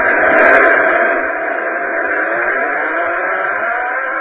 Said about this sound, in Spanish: Lo primero que vamos a escuchar es el sonido del propio brazo robot de la Mars Polar Lander, que sonaría así en ambiente marciano.